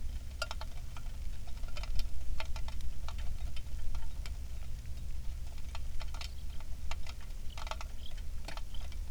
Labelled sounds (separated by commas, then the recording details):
seabird, rain
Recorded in the Prudhoe Bay oil fields, Alaska, on 27 July 2019 at 18:01
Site 19